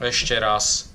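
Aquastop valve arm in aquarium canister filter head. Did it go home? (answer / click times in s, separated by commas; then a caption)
no / none. The aquastop valve arm on a Fluval aquarium canister filter head (models 104, 204, 304, 404, 205, 305, 405) is being handled to snap it in once more for certainty. Someone talks throughout, with no distinct click heard. Nothing has seated or clicked yet.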